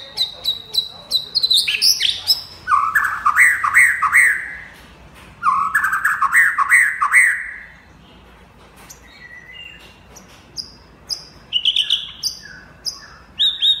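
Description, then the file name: White-rumped shama song, a rich varied sequence: high clipped notes near the start, then rapid rolling phrases of rising and falling whistles, pauses, and sharp high notes at the end. Champion bird from a singing contest. "suara murai batu juara lomba"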